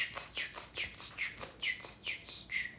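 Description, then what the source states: Tennessee Warbler song: a steady series of sharp, high chipping notes, about four per second. Passes through Tennessee and Missouri on migration; heard everywhere in St. Louis parks during spring and fall migration.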